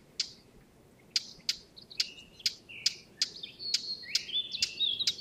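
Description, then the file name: Eurasian blackcap giving hard, sharp tack notes about twice a second, joined by a scratchy, warbling twitter from the second second onward. "Sylvia atricapilla"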